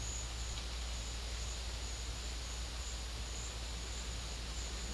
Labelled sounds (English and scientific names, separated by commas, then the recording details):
none
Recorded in secondary vegetation near Puerto Asís, Putumayo, Colombia, on 8 March 2025 at 13:00
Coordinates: 0.498, -76.327
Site G001